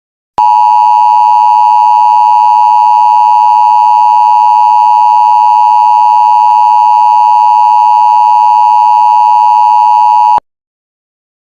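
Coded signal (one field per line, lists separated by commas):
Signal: Emergency Alert System (SAME) tones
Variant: 853 and 960 Hz attention tone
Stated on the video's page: Fictional nuclear bomb EAS scenario interrupting a cartoon, using valid EAS tones.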